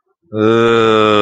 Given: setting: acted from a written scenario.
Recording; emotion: vocal sound without words; disappointment